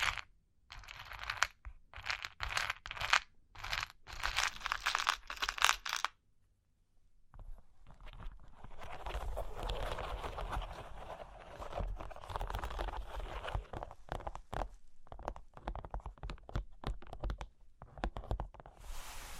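Cork and wood being tapped and scratched. The first six seconds are quick dry bursts of bright scraping. After a short near-silent gap, a steadier rough rubbing runs from about eight seconds on, broken by clustered crisp taps and scratches toward the end.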